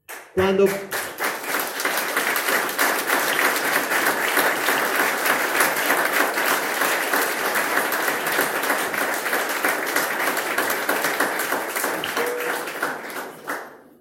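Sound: audience applause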